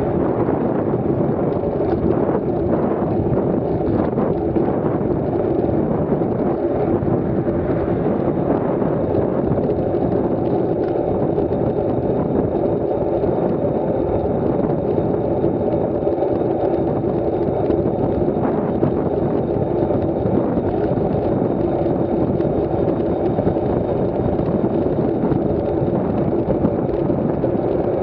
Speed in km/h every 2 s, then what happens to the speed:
38, 38, 37, 36, 36, 41, 39, 39, 44, 45, 45, 41, 43, 41.
0-13 steady at about 38. 13-21 speeds up to 45.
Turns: none.